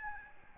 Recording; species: mosquito wingbeat signal from an infrared sensor; Aedes albopictus